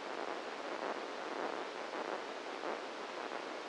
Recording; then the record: brain microelectrode recording played as sound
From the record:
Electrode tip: inside the subthalamic nucleus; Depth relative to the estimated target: -1 mm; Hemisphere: right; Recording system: NeuroSet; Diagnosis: Parkinson's disease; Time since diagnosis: 7 years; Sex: male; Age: 44 years